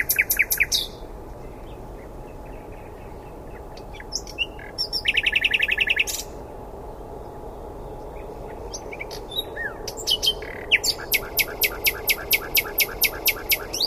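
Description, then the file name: Common nightingale song: several contrasting phrases, including a buzzy rattling trill near five seconds and a steady run of sharp repeated notes over the final three seconds. "Luscinia megarhynchos"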